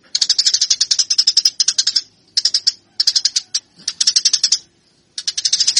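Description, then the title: Eurasian tree sparrow: bursts of rapid, harsh chattering chirps lasting a second or two, separated by short silences. Fighting call, used as a training master. "MASTER GEREJA TARUNG"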